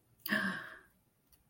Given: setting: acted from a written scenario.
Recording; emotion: vocal sound without words; awe